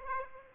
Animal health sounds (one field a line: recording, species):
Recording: mosquito wingbeat signal from an infrared sensor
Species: Aedes aegypti